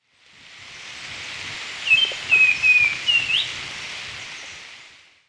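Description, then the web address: Black-and-white becard calling: a quick run of several short, clear whistled notes, the last one rising sharply, over a steady hiss. Recorded in Ecuador. "Birds of Ecuador. Black-And-White Becard"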